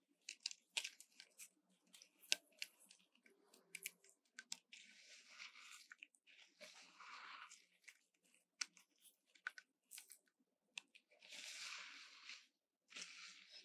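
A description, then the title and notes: Bath bombs crackle and fizz. Sharp crunchy snaps come in quick bursts during the first few seconds, then give way to longer bright hissing fizzes of a second or two, repeating with short silences between. ASMR 泡澡.沐浴球觸發 | Bath Bombs Sounds | NoTalking.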